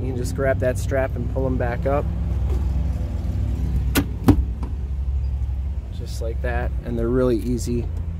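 Someone talks while pulling the folded third-row seat back of a 2020 Ford Explorer XLT upright by its strap, toward its latch in the SUV seat frame. Two brief sharp knocks are heard at about 4.0 s and 4.3 s, with a fainter one near 4.6 s, under steady low background rumble. The seat back is handled but not yet home, and nothing has seated or latched yet.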